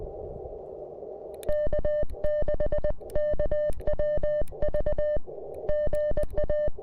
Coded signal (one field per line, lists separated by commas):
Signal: Morse code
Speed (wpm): 20 wpm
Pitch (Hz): 600 Hz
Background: none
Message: K6KWV GA